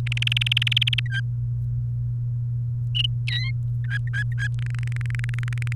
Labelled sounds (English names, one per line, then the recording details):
Domestic Canary song
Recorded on 29 April 2018 at 13:45
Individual llb3